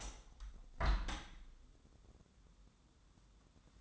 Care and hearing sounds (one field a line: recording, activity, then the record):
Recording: daily activity, microphone in the room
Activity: open window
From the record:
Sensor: 3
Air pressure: 1014.9 hPa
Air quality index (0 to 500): 72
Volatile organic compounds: 2 ppm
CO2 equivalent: 977 ppm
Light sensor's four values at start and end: 9/22/9/9 and 10/22/9/9